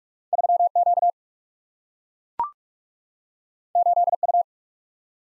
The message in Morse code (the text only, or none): 3Q 8U